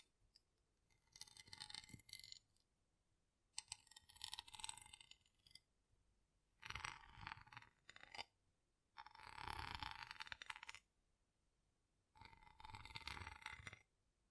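Rough brain cleaning and picking comes in five separate bursts of about two seconds each, split by short silences. Each burst is a dense, wet, crackling mass of rapid clicks and rattles, bright and gritty, with a faint low rumble underneath.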